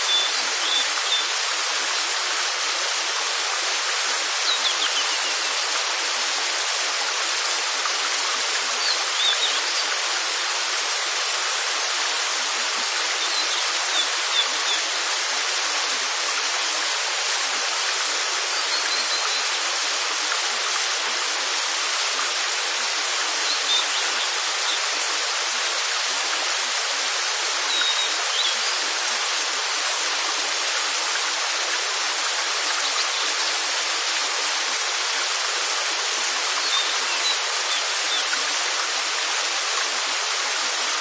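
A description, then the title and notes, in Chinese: A waterfall roars steadily for the whole clip, a dense, unbroken rush of water with no pauses or distinct events. The sound is bright and hissy, heavy in the upper range with almost no deep rumble, and its level stays constant throughout. 1小时瀑布音。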